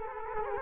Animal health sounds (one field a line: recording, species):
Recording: mosquito wingbeat signal from an infrared sensor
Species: Culex quinquefasciatus